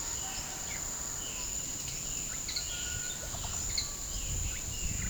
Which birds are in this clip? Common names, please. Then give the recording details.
Violaceous Jay, Russet-backed Oropendola. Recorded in pastures near Puerto Asís, Putumayo, Colombia, on 29 June 2025 at 09:00. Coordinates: 0.497, -76.327. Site G040